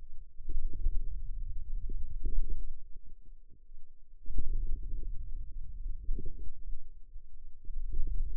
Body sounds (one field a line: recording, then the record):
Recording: forearm muscle sounds (acoustic myography)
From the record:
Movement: hand opening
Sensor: system 2, bracelet of six BSWA MPA416 microphones around the upper forearm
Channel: 5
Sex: female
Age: 21 years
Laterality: right